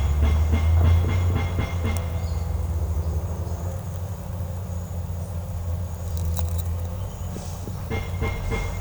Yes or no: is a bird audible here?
no